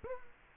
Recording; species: mosquito wingbeat signal from an infrared sensor; Culex quinquefasciatus